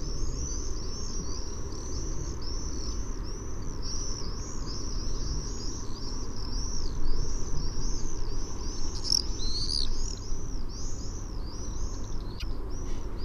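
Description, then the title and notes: Common swift screams, a continuous stream of high, shrill, arching notes, with a brief sharp click near the end over low background rumble. "Lyden av en tårnseiler by forskningno"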